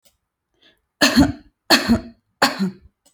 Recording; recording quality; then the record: shallow voluntary cough; excellent, no background noise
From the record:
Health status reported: healthy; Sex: female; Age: 28 years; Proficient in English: yes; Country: France